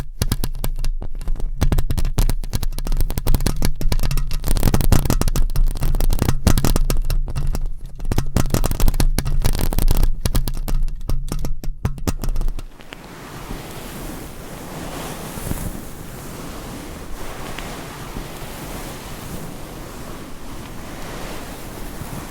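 Mic scratching in dense, rapid bursts fills the first twelve seconds, rough and crackly with a low hum underneath. Around the twelve-and-a-half second mark it drops to a softer, steadier rustling hiss that continues, slightly uneven, to the end.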